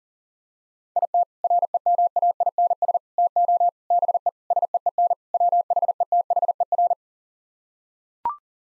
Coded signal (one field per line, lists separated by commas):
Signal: Morse code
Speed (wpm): 40 wpm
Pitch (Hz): 700 Hz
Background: none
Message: IT REMAINS TO BE SEEN WHETHER